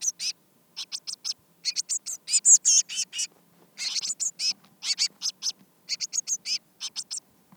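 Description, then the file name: Eurasian blue tit calling with quick, buzzy high chatter, notes clustered in dense runs separated by short gaps. "Cyanistes caeruleus"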